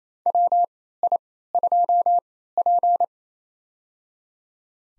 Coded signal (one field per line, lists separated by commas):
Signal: Morse code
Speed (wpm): 27 wpm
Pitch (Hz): 700 Hz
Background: none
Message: WI2P